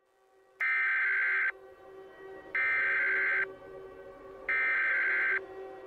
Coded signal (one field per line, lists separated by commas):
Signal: Emergency Alert System (SAME) tones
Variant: header bursts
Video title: Nuclear Karens: An EAS Scenario